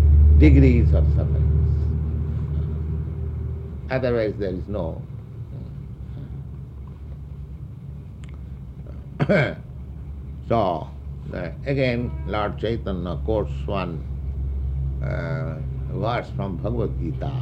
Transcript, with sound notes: degrees of sufferings. Otherwise there is no..... [coughs] So again, Lord Caitanya quotes one verse from Bhagavad-gītā: